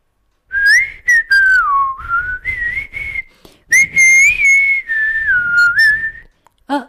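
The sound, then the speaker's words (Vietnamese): A man whistles a bright, cheerful tune while bouncing along as he dances, the clear pitch sliding up and down in a melodic line with short breaks between phrases, loud and alone without any talking. “anh vừa thổi sáo vừa nhún nhảy, hình như đang có chuyện rất vui.”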